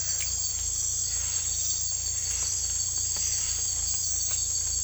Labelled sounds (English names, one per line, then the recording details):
none
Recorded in secondary vegetation near Puerto Asís, Putumayo, Colombia, on 18 December 2024 at 02:00
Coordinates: 0.488, -76.319
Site GP04